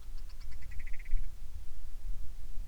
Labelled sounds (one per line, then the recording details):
grouse or ptarmigan
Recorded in the Prudhoe Bay oil fields, Alaska, on 25 July 2019 at 02:03
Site 11